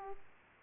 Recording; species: mosquito wingbeat signal from an infrared sensor; Aedes aegypti